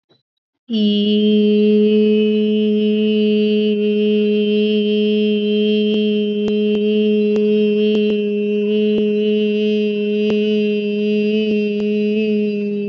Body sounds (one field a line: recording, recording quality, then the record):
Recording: sustained vowel as in beet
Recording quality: excellent, no background noise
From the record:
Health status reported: COVID-19 positive, no symptoms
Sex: female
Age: 24 years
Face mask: not worn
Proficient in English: yes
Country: India